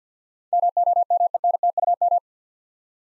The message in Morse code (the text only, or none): MOMENTUM